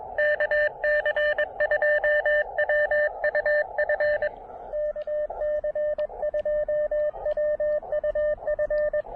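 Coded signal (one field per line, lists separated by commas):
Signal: Morse code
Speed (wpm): 20 wpm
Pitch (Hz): 590 Hz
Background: radio noise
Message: KC2WUF KC2WUF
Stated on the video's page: QRP CW POTA park activation from a state park using an Elecraft KX2 and a random wire antenna.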